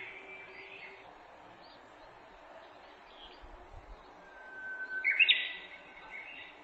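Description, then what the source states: Japanese bush warbler phrase at the end: a short whistle into a loud slurred flourish, after several seconds of quiet background hiss and faint low rumbling. Recorded 18 April 2008.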